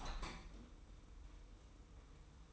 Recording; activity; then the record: daily activity, microphone in the room; open window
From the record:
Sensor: 1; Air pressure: 990.3 hPa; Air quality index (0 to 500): 173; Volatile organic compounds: 1000 ppm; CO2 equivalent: 6365 ppm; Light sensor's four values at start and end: 21/47/20/22 and 22/49/21/22